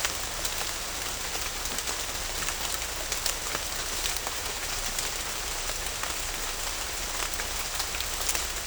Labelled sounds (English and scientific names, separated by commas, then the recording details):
none
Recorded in dense forest near Puerto Asís, Putumayo, Colombia, on 21 December 2024 at 11:00
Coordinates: 0.500, -76.322
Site G053